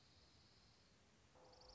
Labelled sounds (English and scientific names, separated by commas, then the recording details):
Dark-eyed Junco (Junco hyemalis)
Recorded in Sonoma County, California